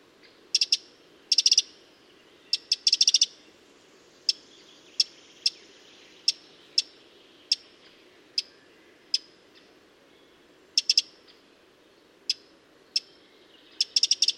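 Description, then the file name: Eurasian wren with fast rattling bursts of ticks at first, then a series of single sharp ticks at fairly steady intervals, with further quick bursts toward the end. "Troglodytes troglodytes"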